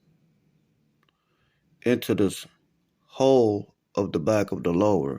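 A folding stock adapter is being fitted to a rifle lower receiver, with its nipple lined up with the hole in the back of the lower before it is pushed home. Faint handling sounds are heard early on, then someone talks through the rest of the clip. Nothing has seated or clicked yet.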